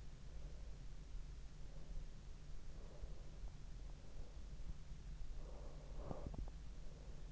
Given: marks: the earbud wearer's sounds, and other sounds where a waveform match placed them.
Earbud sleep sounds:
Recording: sounds in sleep by an in-ear microphone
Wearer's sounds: breath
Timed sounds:
0.14-2.16 s: breath
2.67-4.88 s: breath
5.47-7.28 s: breath

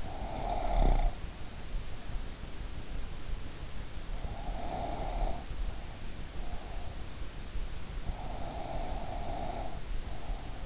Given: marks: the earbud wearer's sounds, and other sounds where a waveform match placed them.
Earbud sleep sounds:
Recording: sounds in sleep by an in-ear microphone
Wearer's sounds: snoring breath, breath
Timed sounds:
0.00-1.22 s: snoring breath
4.16-5.32 s: snoring breath
6.40-6.98 s: breath
8.09-10.66 s: snoring breath

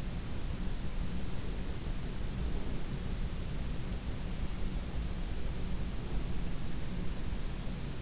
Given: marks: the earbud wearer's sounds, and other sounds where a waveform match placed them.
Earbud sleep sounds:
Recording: sounds in sleep by an in-ear microphone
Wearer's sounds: breath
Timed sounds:
1.35-2.93 s: breath

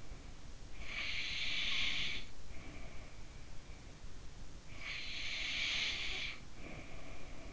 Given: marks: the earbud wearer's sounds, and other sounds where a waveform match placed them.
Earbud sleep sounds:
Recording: sounds in sleep by an in-ear microphone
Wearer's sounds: breath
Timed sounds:
0.45-3.19 s: breath
4.22-7.53 s: breath

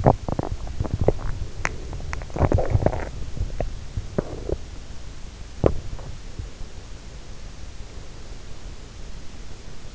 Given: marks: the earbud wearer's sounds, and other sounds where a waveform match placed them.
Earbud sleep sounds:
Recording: sounds in sleep by an in-ear microphone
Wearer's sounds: teeth grinding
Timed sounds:
0.00-5.77 s: teeth grinding

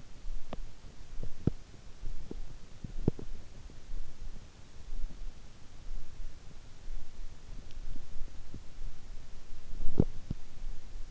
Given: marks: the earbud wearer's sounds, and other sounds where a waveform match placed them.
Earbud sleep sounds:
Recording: sounds in sleep by an in-ear microphone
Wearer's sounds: teeth grinding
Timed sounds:
0.00-3.88 s: teeth grinding
8.66-11.11 s: teeth grinding

